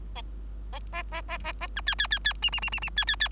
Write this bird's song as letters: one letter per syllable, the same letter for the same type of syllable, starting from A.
A A A A A A B C C C C D D D D D C C C